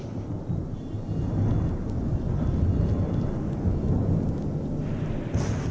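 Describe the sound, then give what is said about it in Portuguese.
Deep, continuous thunder rumbles through a storm, a heavy low roar that swells slightly and holds steady for several seconds, with a faint hiss of rain above it and no voices. “E houve trovões, vozes, relâmpagos e terremotos.”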